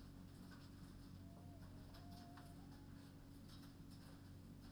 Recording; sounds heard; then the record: poultry house recording; healthy chickens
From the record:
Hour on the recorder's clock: 21